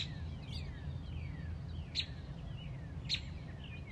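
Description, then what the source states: Robin producing a handful of sharp, high chips at uneven intervals, mixed with faint sliding whistles over low background rumble. Mother robin on a front porch protecting a newly hatched chick.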